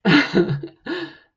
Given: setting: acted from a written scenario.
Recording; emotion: vocal sound without words; pride